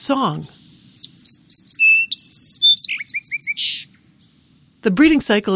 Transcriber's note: Song Sparrow song